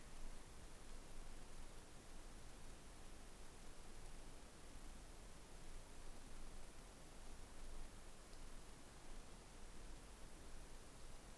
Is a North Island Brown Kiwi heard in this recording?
no